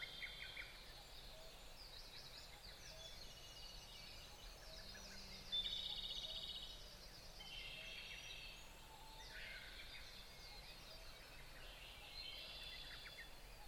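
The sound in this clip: Dense bird chorus of overlapping high trills and twittering phrases, rising and falling in waves over a constant low hum.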